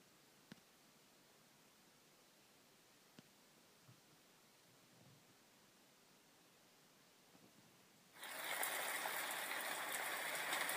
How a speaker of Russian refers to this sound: Шел дождь, не сильный, но затяжной.